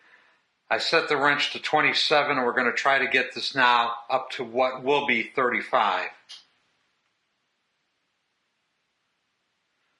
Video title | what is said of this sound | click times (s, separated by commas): 1975 Harley XL Rebuild - Torque The Rear Head!!! It Can Be Done!!! - Nbr 241 | still no click | none